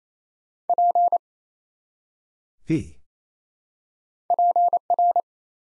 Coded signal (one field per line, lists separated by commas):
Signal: Morse code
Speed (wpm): 27 wpm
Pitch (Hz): 700 Hz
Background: none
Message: P PR